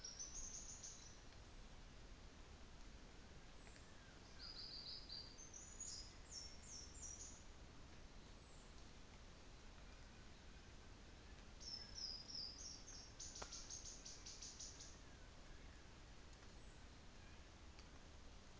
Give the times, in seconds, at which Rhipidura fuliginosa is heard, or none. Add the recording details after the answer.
3.35-4.05, 8.32-8.81, 16.30-16.95. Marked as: faintness 4/5. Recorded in New Zealand on 24 December 2018. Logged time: 11:00